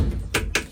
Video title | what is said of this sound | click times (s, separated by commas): Removing the Compressor Housing | Snap that in till you hear it pop. | 0.4 s, 0.6 s